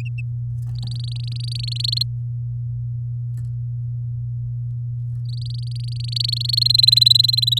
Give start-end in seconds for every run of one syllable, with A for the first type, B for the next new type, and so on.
0.75-1.57 A, 1.59-2.03 B, 5.29-6.55 A, 6.57-7.59 B